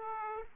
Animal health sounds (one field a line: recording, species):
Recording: mosquito wingbeat signal from an infrared sensor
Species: Aedes aegypti